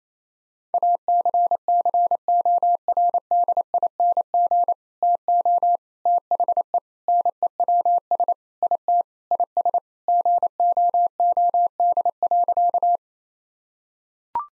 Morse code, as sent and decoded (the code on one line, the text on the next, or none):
.- -.-. -.-. --- .-. -.. .. -. --. / - --- / - .... . / -. . .-- ... / .. - / .. ... / --. --- --- -.. .-.-.-
ACCORDING TO THE NEWS IT IS GOOD.